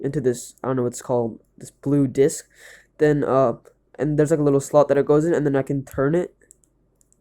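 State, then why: Seated. Someone talks while fitting a flathead screwdriver into the slot of a small blue magnet-strength disk inside a speed cube piece and turning it. Short, quiet clicks sound at 6.5, 6.6, 7.0 and 7.1 seconds as the disk clicks into its detent at each new number setting.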